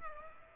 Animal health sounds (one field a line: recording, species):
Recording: mosquito wingbeat signal from an infrared sensor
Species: Aedes aegypti